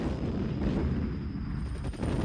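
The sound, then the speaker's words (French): Loud, deep explosions of bombs dropped by four attacking helicopters roll together into a continuous booming rumble, with a few sharper blasts cutting through and a thin steady high whine running above. No voices. “Ils entendent alors des explosions.”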